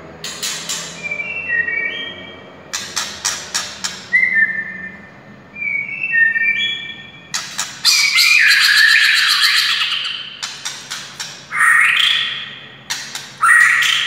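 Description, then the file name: White-rumped shama singing: clear stepped whistles repeated in short phrases, then bursts of harsh, buzzy chattering notes mixed with rising whistles. A wild forest bird. "suara murai hutan asli"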